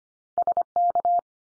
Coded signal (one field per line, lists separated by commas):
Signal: Morse code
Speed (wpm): 25 wpm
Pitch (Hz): 700 Hz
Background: none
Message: SK